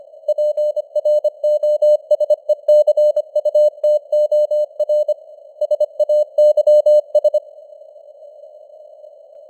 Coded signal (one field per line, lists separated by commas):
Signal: Morse code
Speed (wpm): 25 wpm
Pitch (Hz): 600 Hz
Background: none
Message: PROSECUTOR SAYS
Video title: Morse Code News | 2026-01-10 | 25wpm